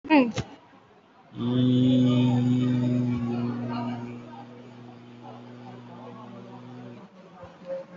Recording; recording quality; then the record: sustained vowel as in beet; excellent, no background noise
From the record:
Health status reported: COVID-19 positive, moderate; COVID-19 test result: positive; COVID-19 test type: RT-PCR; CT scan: not taken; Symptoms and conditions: cough, cold, breathing difficulty, sore throat, fever, fatigue, muscle pain, loss of smell and taste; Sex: male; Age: 32 years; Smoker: no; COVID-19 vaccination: none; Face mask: worn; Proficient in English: yes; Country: India